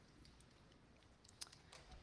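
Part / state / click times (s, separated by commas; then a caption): padlock shackle into lock body / seated / 1.4 s. An old metal padlock, not a replica, has its shackle snapped shut into the lock body. Faint ticks and rustles lead up to one sharp, bright click at 1.4 s, the loudest sound in the clip. A few lighter ticks follow. The shackle seats, and its click is called extremely satisfying.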